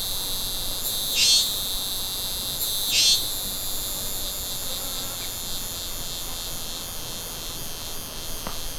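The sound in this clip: Crickets: a steady thin, high hiss throughout, with two short, louder buzzy chirps early on.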